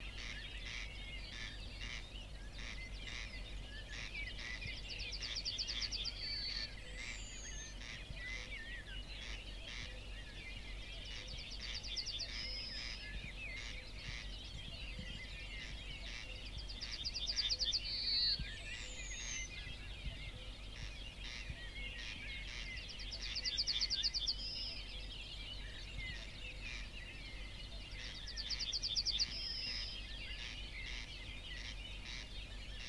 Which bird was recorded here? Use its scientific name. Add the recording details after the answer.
Emberiza citrinella. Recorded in the wild. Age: adult. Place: Hörfeld, AT. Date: 1972-05-26. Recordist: Brunner, Thomas. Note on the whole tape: Aufnahme: Hörfeld, Steiermark